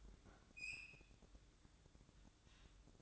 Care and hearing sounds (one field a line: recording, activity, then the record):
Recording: daily activity, microphone in the room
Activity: open fridge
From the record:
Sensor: 3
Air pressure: 1007.7 hPa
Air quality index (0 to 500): 52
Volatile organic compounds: 1 ppm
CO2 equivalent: 586 ppm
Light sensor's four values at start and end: 12/29/12/12 and 13/29/12/12